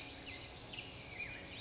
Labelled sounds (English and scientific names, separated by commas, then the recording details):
Song Sparrow (Melospiza melodia)
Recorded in Sonoma County, California